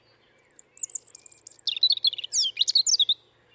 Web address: SETE data Erithacus rubecula